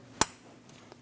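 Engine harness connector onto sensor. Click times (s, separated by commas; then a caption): 0.2 s. A plastic electrical connector on the engine harness of a 2011-2018 Ram 1500 5.7L V8 is pushed home onto a sensor during intake manifold replacement. It gives one sharp, bright click at 0.2 s, followed by a few faint ticks. The connector is seated.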